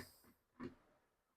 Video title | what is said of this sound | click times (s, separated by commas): இனி உடல் எடை குறைப்பது easy⁉️AGARO Grand Food Processor Review Tamil | இது வந்து லாக் பண்ணல, இது லாக் ஆகல, | none